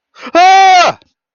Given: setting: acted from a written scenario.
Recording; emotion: vocal sound without words; fear